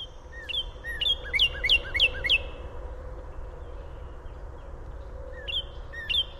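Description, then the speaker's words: Northern Cardinal, a run of several sharp, down-slurred whistled notes, then a pause and two more similar notes, over a steady low background hum. Illinois, during a statewide bird survey by university researchers. "Luckily, Ward has been collecting audio of birds across Illinois in recent years, including the cardinal, which sounds like this."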